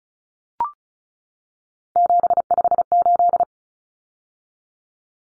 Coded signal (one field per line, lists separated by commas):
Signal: Morse code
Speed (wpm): 34 wpm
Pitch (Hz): 700 Hz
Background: none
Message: 758